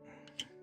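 A small plastic part of a 1/60 HG Bandai Patlabor Shinohara ARL-99B Helldiver model kit is pressed onto its mounting peg, with a faint tick at 0.3 s and a sharp, bright click at 0.4 s over a steady low tonal background. The part is not seated all the way, so the press went only partly home.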